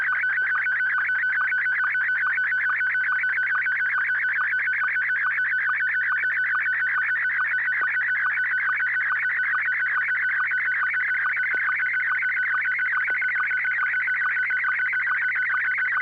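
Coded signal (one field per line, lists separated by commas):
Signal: SSTV (slow-scan television)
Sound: continuous warbling, chirping tone with rapid regular clicks, steady for the whole clip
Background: low hum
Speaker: I do believe I have something I'm ready to send this is actually kind of detailed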